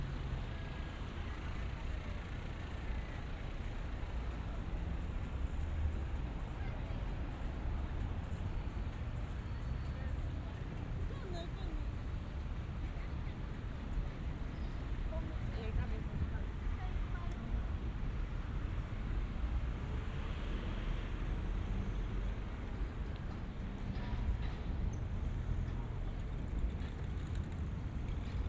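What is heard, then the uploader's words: Street sound from a walk through Harajuku in Tokyo: a steady, dense wash of traffic rumble and crowd murmur with no pauses. Snatches of voices surface now and then, and a passing vehicle swells briefly around the twentieth second. 3D AUDIO Walking in Harajuku(原宿)Tokyo, Japan.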